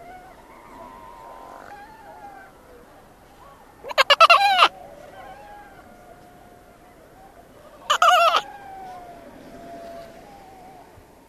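Antarctic fur seal calls: two short, wavering harsh bursts about four seconds apart over softer drawn-out tonal cries.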